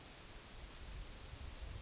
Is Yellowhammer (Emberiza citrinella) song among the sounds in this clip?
no